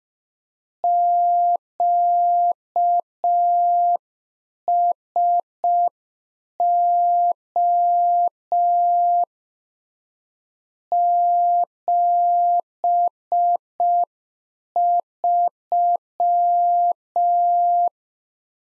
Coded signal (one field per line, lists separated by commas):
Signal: Morse code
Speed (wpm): 5 wpm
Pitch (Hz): 700 Hz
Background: none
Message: QSO 73